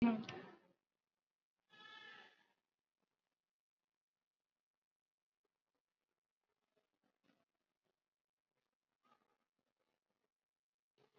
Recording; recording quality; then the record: deep breathing; poor, much background noise or distortion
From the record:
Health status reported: exposed to COVID-19, no respiratory illness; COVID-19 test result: negative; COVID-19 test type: RT-PCR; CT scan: not taken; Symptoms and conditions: none ticked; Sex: female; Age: 23 years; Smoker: no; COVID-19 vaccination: one dose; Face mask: worn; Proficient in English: yes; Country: India